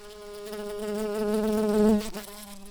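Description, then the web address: Shrill carder bee queen buzzing: a steady droning hum with many harmonics, swelling in loudness, then dropping abruptly to a fainter hum for the last half second or so. "bumblebees Sylvarum-queens"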